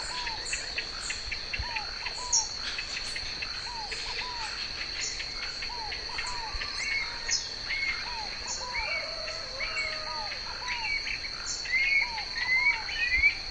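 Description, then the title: Planalto Tyrannulet song, paired arched whistles repeated several times, with thin high rising whistles near the end, all against constant shrill insect buzzing. "LuckyPassaro Completos2Sama. Planalto Tyrannulet (Phyllomyias fasciatus)"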